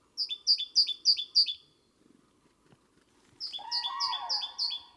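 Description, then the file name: Great tit singing quick see-saw two-note phrases, a high note dropping to a lower one, in two runs; a lower warbling sound overlaps the second run. "Parus major"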